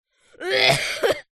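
A single harsh, throaty cough from a 9-year-old boy, with a brief second push at the end.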